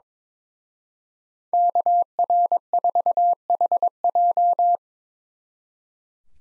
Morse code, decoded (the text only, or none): KR4HJ